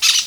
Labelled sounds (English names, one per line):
Brown-throated Parakeet contact call